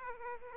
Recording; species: mosquito wingbeat signal from an infrared sensor; Aedes aegypti